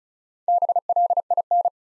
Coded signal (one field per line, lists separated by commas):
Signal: Morse code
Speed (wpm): 36 wpm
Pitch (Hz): 700 Hz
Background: none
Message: BLIN